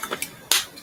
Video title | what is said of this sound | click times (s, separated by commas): The Green Eyeshadow Craze, Glossy Lip Stains, & Summer Makeup | And then this just snaps right in. | 0.5 s